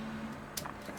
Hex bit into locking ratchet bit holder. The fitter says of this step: it locks I mean it's it's on there it ain't gonna come out right and